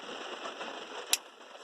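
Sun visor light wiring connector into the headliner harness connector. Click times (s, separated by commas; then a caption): 1.1 s. A plastic sun visor light wiring connector on a 2008 Hyundai Sonata is pushed back together into the headliner harness connector. One sharp click at 1.1 s rises above a low, steady background hiss. The connector clicks right in and is seated.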